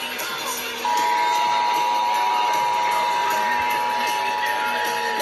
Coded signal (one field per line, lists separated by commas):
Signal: Emergency Alert System (SAME) tones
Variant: 853 and 960 Hz attention tone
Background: music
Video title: Child Abduction Emergency 10-20-2021 EAS #32